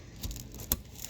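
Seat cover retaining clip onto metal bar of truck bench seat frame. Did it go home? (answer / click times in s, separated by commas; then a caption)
yes / 0.7 s. A plastic J-clip on a seat cover strap is pushed over a metal bar under the seat foam of a 2007-2014 (old body) Chevy/GMC 40/20/40 truck bench seat with opening consoles. After a few faint rustles and light taps, a sharp pop is heard at 0.7 s as the clip snaps onto the bar. The clip is seated.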